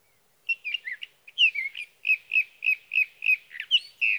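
Sage thrasher song starting with a few jumbled notes, then a steady series of rich warbled phrases, about three per second.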